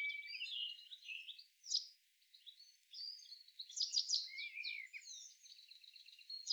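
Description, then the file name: Common nightingale song, fairly soft: jumbled high chirps and slurred whistles with a brief pause. "Luscinia megarhynchos"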